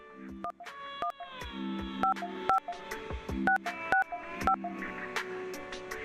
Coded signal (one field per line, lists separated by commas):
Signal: DTMF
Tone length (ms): 110 ms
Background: music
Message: 1155665